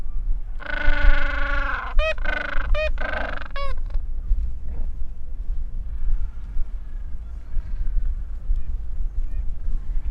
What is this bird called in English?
Gentoo Penguin